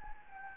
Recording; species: mosquito wingbeat signal from an infrared sensor; Anopheles gambiae